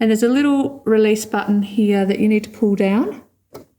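Someone talks while handling the presser foot lever on a Brother A16 sewing machine, with the cotton thread placed under the presser foot and the lever about to be pulled down. A brief sharp sound comes near the end at about 3.6 s, but the lever has not clicked down yet, so nothing has seated and the thread is not yet held ready for sewing.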